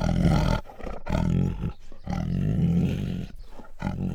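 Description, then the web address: Bengal tiger, deep throaty growls in long rumbling bursts, separated by brief pauses. Female, growling and snarling. "Sound Ideas Tigers Sound Effects. Female Bengal Tiger Growls and Snarls"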